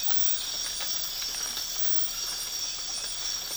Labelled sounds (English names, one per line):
none